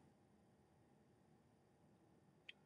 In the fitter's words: there it clicked i don't know if you heard that on the video but trust me it clicked you'll hear it click at home